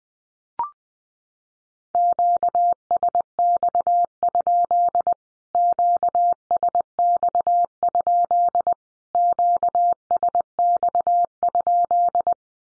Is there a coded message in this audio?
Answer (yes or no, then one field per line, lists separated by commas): yes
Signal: Morse code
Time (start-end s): 1.9-12.3 s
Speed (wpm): 20 wpm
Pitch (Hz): 700 Hz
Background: none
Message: QSX? QSX? QSX?